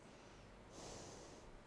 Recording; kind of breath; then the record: one breath in and out by a microphone near the nose and mouth; normal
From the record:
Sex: female